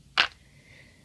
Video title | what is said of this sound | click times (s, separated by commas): Bird Puppet | we need to put the cap on make sure you put it on all the way till you hear that click then | 0.2 s